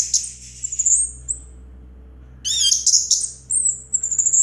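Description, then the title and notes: Orange-headed thrush giving high, thin trilled phrases with a pause between them, over a faint low hum. Singing in the teler style, described as clear-voiced; part of a complete collection of its song. "Anis Merah Teler Suara Jernih. kumpulan suara anis merah lengkap"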